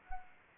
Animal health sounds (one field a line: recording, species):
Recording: mosquito wingbeat signal from an infrared sensor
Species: Anopheles arabiensis